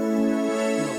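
A loud, drawn-out tonal rumble that bends in pitch: an adult's stomach growl, normal, made when hunger contractions of the stomach push air and liquid into the duodenum and small intestine.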